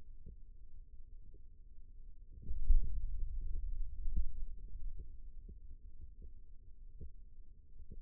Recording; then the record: forearm muscle sounds (acoustic myography)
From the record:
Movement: pen grasping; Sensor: system 2, bracelet of six BSWA MPA416 microphones around the upper forearm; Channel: 3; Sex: male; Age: 22 years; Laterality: right